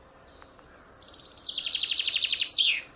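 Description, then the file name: Common chaffinch singing one bright phrase: a few thin notes, then a rapid descending trill of repeated notes closing with a sharp terminal flourish. "Fringilla coelebs"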